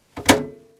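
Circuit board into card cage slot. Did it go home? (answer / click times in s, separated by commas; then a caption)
yes / 0.3 s. An arcade logic circuit board is slid into a card cage slot and pressed home with both thumbs. A softer knock at 0.2 s leads into a loud thunk at 0.3 s as the board clicks into place, then a short ringing decay. The board is seated.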